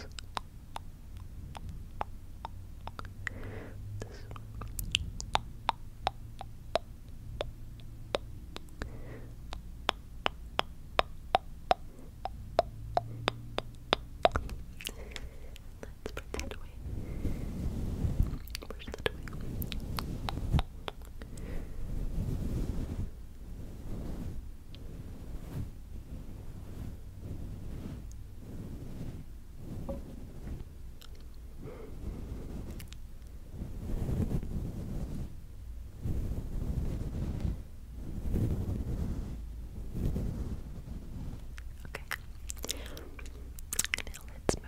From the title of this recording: Mouth Sounds tongue clicking